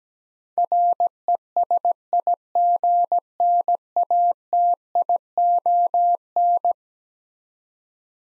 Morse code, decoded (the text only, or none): RESIGNATION